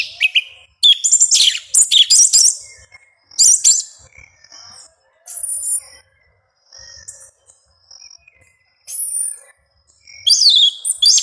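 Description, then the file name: Yellow-legged thrush song of harsh, high chattering bursts, then thin whistles and a final shrill, swooping phrase. "Canto do sabia una"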